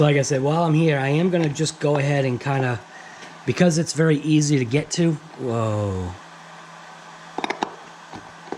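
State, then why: Stripped. During hub bearing maintenance on an Arrma Fireteam 1/7-scale RC car, a small screw in the hub assembly is turned with a driver while someone talks. A quick burst of sharp ticks comes at 7.4, 7.4, 7.5 and 7.6 seconds, and the screw strips while being turned.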